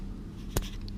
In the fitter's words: is you have to hear that click so now it's a lot harder to take this off